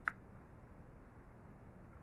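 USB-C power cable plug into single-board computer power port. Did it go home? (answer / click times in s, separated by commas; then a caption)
yes / 0.1 s. A USB-C power cable plug is pushed into the USB-C power port of a Raspberry Pi 4B 1GB single-board computer, after being flipped to show it fits either way. One sharp, crisp click at 0.1 s marks the plug seating firmly with a nice click, followed by quiet low hum.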